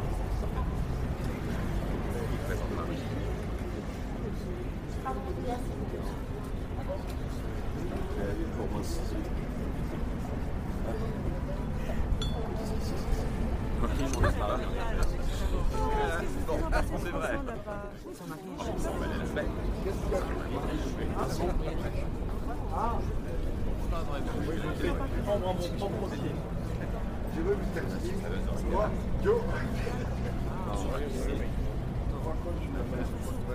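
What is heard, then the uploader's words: A busy café at night, with many people talking at once in a steady, dense murmur. Glasses and cups clink now and then, and a low rumble of traffic sits underneath. Around eighteen seconds the chatter briefly drops before filling back in. Parisian Cafe Ambiance. Atmosphere of a Parisian cafe on a late night drinking a warm cup of coffee people talking.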